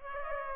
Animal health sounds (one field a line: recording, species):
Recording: mosquito wingbeat signal from an infrared sensor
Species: Culex pipiens